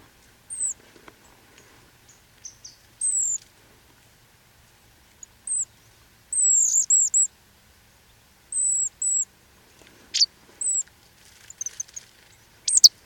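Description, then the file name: Marsh tit calls: scattered high, thin notes, some slurred downward, spaced irregularly over a faint background hiss, with a few sharper clicks near the end. "Poecile palustris"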